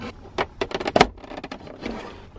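The second side of a Saab 9-3 center armrest is pushed onto its console hinge mount. A few short knocks and rattles of handling are heard from about 0.4 s, followed by a sharp double click at 1.0 s as it seats in place. The armrest is seated, with faint rustling afterward.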